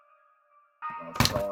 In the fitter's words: Once you hear that little snap, it's done.